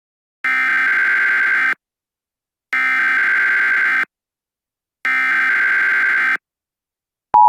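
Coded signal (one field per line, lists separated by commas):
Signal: Emergency Alert System (SAME) tones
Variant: header bursts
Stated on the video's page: Joke EAS scenario made as a parody, not a real alert.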